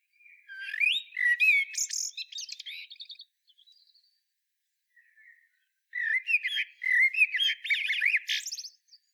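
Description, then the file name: Common blackbird singing two phrases, each opening with low fluty warbles and ending in a high, squeaky twitter, separated by a short pause. "Turdus merula"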